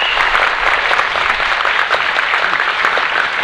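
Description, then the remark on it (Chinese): A crowd applauds warmly to welcome first-time attendees, a dense and steady wash of clapping hands that stays loud and even throughout the few seconds, with no voices standing out. “用热烈的掌声来欢迎我们第一次来的朋友。”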